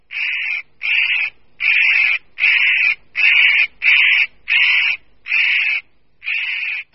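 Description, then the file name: Spotted nutcracker calling with loud, grating, drawn-out rasps, repeated in a steady series. "Ořešník-kropenatý"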